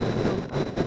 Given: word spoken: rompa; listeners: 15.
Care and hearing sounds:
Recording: one Spanish word in noise, from a listening test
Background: noise modulated by three-talker babble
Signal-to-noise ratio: -7.5 dB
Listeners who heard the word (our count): 0 of 15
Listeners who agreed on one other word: 8 of 15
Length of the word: 0.47 s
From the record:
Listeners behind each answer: 8, 3, 2, 1, 1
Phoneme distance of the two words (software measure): 7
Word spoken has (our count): 2 syllables, 5 phonemes, stress on syllable 1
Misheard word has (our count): 2 syllables, 4 phonemes, stress on syllable 1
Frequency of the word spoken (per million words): 3.38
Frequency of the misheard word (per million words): 60.38

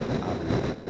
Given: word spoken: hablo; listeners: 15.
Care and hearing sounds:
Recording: one Spanish word in noise, from a listening test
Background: noise modulated by three-talker babble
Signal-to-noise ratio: -7.5 dB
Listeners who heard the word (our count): 0 of 15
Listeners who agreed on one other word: 10 of 15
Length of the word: 0.50 s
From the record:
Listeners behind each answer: 10, 2, 2, 1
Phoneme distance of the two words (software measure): 10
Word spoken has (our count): 2 syllables, 4 phonemes, stress on syllable 1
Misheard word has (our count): 2 syllables, 4 phonemes, stress on syllable 1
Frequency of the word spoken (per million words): 14.42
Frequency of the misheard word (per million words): 108.79

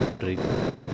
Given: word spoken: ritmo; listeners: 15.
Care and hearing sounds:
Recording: one Spanish word in noise, from a listening test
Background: noise modulated by three-talker babble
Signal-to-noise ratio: -4.5 dB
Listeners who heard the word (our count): 0 of 15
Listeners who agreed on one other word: 7 of 15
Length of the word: 0.54 s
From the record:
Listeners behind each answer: 7, 2, 1, 1, 1, 1, 1, 1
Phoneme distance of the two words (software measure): 17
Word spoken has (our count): 2 syllables, 5 phonemes, stress on syllable 1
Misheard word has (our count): 2 syllables, 4 phonemes, stress on syllable 1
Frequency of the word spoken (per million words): 72.20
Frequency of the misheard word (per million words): 63.71

